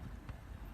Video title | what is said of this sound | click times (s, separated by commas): Skyview Dashcam installation Instruction | And it just kind of pops right in there. | 0.3 s